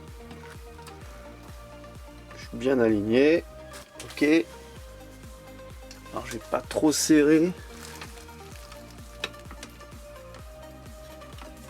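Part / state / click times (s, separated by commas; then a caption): plastic part into scale model car assembly / partly seated / 9.2 s. A plastic part is pressed into a 1/8-scale model car assembly while being screwed in lightly. Someone talks over background music, and a sharp click is heard at 9.2 s. The part is only partly clipped, and a gap still remains.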